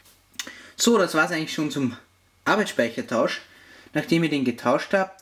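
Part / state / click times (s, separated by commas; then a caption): SO-DIMM memory module into laptop memory slot / seated / 0.4 s. A second 16GB Corsair Vengeance 1600MHz SO-DIMM laptop memory module is pressed down into the upper memory slot of a MacBook. It latches with a sharp click at 0.4 s, and the module is seated and installed. Someone then talks.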